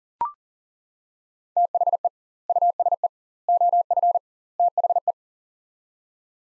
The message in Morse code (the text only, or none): THE USE OF THE